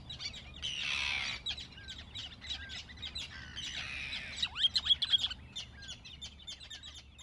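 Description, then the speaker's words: Ruddy Turnstone twittering: quick high staccato notes with brief whistled slurs, a short rushing noise burst near the start, and a louder chattering flurry after the middle. After mid-May nearly all turnstones twitter again, sounding excited, during their short summer visit. "Ja toukokuun puolivälin jälkeen lähes kaikki karikukkomme tiukuttavat taas kiihtyneen oloisena lyhyellä kesävierailullaan meidän ilonamme."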